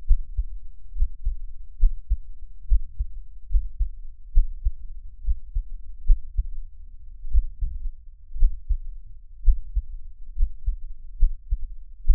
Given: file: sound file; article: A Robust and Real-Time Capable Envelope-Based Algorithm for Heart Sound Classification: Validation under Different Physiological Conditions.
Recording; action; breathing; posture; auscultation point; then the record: heart sounds by electronic stethoscope; after 5 min of sport; deep; sitting; Erb’s point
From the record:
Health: healthy, no known heart disease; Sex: male